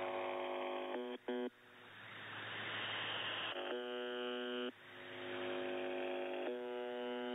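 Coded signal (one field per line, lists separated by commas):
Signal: channel marker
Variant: UVB-76 (The Buzzer)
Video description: no clue what is happening to the Buzzer this year.. it got some parasite on the carrier wave and now its even stopping transmitting the buzzer but the parasitic audio on it remains hearable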